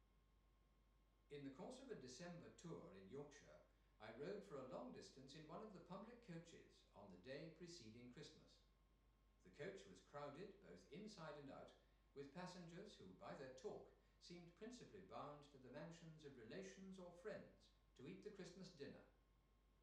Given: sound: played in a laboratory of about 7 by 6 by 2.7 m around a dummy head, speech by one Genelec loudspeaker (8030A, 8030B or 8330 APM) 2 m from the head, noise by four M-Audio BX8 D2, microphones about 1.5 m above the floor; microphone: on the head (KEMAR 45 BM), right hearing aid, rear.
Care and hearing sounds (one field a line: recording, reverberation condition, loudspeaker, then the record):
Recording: male speech in English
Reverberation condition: medium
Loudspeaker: 150 degrees to the left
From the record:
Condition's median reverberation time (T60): about 510 ms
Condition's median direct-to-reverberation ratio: about -0.5 dB